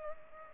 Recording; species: mosquito wingbeat signal from an infrared sensor; Culex pipiens